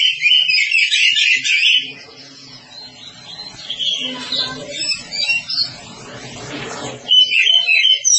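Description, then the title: Oriental magpie-robin song, loud bursts of bright, varied whistled phrases at the start and end, with a murky low rumble and noise between them. "Kacer"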